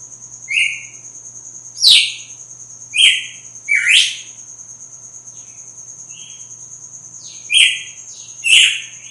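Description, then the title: Red-cowled cardinal song: scattered whistled phrases with a pause midway, then two more phrases, over a steady high-pitched tone. Female; sings strongly at dawn after the moult. "Canto Galo Campina Fêmea. GALO DE CAMPINA AÇOITA FORTE NA MADRUGADA DEPOIS DA MUDA"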